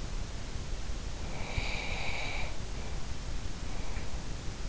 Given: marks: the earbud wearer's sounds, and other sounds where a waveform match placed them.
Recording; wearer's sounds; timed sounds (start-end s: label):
sounds in sleep by an in-ear microphone; breath
1.12-4.49 s: breath